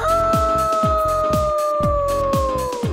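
A wolf howls in one long, unbroken note that holds steady and slowly sinks in pitch, sounding over a steady, thumping musical beat.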